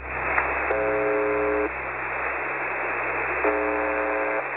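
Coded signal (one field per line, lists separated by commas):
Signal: channel marker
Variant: UVB-76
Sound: two harsh, low one-second buzzes about three seconds apart, over steady hiss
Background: radio static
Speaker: uvb 76 aka the buzzer is a shortwave broadcast originating in russia it plays all day almost every day with a simple beep tone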